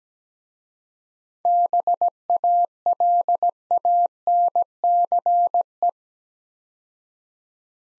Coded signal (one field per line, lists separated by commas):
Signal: Morse code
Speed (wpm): 17 wpm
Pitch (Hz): 700 Hz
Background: none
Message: BALANCE